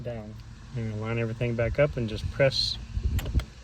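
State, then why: Not seated. Someone talks while lining up a replacement clock spring on the steering column of a 2015-2023 Ford Mustang, ready to press it on. Two brief sharp sounds come near the end, at about 3.2 and 3.4 seconds. Nothing has seated or clicked yet.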